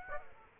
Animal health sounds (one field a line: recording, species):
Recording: mosquito wingbeat signal from an infrared sensor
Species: Aedes aegypti